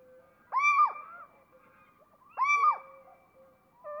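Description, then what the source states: Little owl calls: two loud, harsh rising-and-falling screeches about two seconds apart, linked by soft sustained whistled tones, with another note starting at the end. A pair of little owls giving various loud calls while interacting with neighbouring owls.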